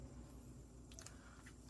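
A watch strap's quick-release pin is snapped into the lug of a rugged KOSPET TANK M3 smartwatch case as the second strap is attached. Against a quiet background, a short cluster of sharp, bright ticks comes near 0.9–1.1 s, with the clearest click at 1.0 s. The strap seats with that click and is confirmed attached.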